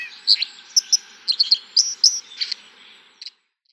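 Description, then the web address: White-throated dipper giving a brief burst of song, about a dozen sharp, high, scratchy notes and clicks in quick succession before falling silent. "fugler fossekall"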